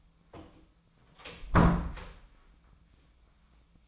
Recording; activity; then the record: daily activity, microphone in the room; close door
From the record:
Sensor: 1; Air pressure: 1009.3 hPa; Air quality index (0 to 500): 183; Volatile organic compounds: 4 ppm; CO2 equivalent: 1543 ppm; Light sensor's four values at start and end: 41/109/45/53 and 40/108/45/53